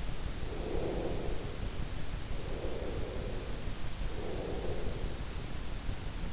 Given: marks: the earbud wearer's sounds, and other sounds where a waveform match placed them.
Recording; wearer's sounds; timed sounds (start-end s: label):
sounds in sleep by an in-ear microphone; breath
0.45-3.67 s: breath
4.16-5.43 s: breath